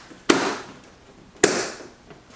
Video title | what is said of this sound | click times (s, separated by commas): How to Install a Carbon Fiber Front Frunk Surround on a C8 Corvette | nothing has to be bent or tweaked or anything like that it'll just snap in place just | 0.3 s, 1.4 s